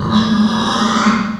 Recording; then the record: squeal of a Yucatan mini pig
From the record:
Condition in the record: after surgery on the right vocal fold (resection and tissue-engineered implant); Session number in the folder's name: 16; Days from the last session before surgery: 183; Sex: female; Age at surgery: 19 weeks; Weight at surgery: 25 kg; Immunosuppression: prednisolone